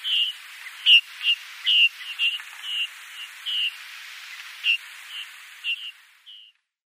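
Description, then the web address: Bar-tailed lark giving brief high whistled notes at uneven intervals, a few louder than others, ending with a slightly longer drawn note. "Schulze Peter Bar-tailed Lark calls"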